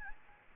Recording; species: mosquito wingbeat signal from an infrared sensor; Aedes albopictus